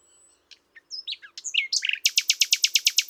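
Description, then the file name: Common nightingale song: scattered whistles and notes build into a fast, loud series of many repeated sharp notes. "Luscinia megarhynchos"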